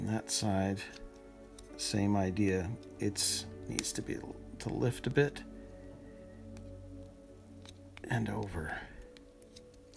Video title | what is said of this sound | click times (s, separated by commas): Tamiya Opel Kadett GT/E on the MB-01 Chassis - Steps 1 to 3 - The Motor Mount and the Spur Gear | just not quite clicking into place so I'm going to move that over just a touch | none